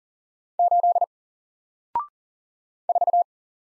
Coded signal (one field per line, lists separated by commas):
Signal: Morse code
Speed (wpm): 40 wpm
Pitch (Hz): 700 Hz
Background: none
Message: 8 4